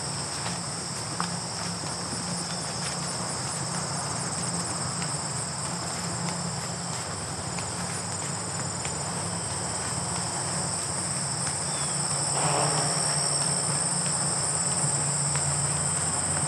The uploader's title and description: Walking on Gravel with Whispers of Grasshoppers. The crisp sounds of walking on gravel and whispers of grasshoppers from this mid-September trek through the Highland Trails